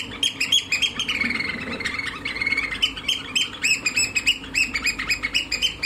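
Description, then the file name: Eurasian oystercatcher piping in a fast series of loud, shrill peeps, with a few longer drawn-out notes mixed into the rapid sequence. "ostrygojad"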